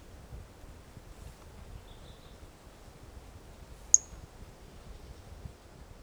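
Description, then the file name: Pumpkin toadlet call: a single short, piercing high note against a quiet, hissy background. Individual 05 recorded 18 January 2018; first note of the call missing; animal not collected. "Brachycephalus mirissimus 18 jan 2018 individual 05 ex 01 fist note missing L F Ribeiro not collected"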